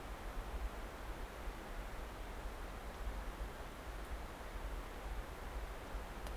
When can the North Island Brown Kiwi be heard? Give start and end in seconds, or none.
none